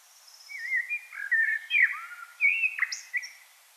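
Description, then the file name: Common blackbird song with warbling flute-like notes, low sliding whistles and sharp high squeaks scattered through a steady phrase. "Turdus merula"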